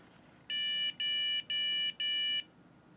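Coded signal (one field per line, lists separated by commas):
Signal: beep code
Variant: ASUS motherboard BIOS POST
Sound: four identical short electronic beeps in quick, even succession, harmonic buzzer tone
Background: quiet room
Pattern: 4 short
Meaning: Signals a memory problem, here unsupported non-ECC RAM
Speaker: that was different if I can write that was for short beeps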